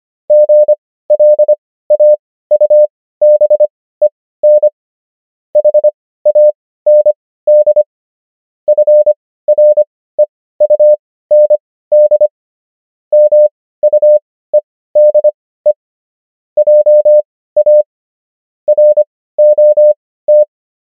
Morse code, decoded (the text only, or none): GLAUBEN HAND FREUND MUEDE JA ROT